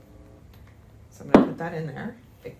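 A cable plug is being handled and brought to a receiver socket, but nothing has seated or clicked yet. A faint tonal hum fades out in the first half second, a couple of soft handling ticks follow near 0.5 and 0.7 seconds, and then someone talks.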